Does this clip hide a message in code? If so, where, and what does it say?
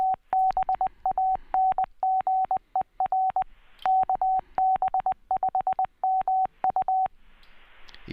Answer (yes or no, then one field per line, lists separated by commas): yes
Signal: Morse code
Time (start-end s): 0.0-7.1 s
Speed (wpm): 20 wpm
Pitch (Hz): 760 Hz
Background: none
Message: TBANGER KB5MU